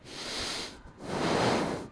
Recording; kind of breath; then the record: one breath in and out by a microphone near the nose and mouth; deep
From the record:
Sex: male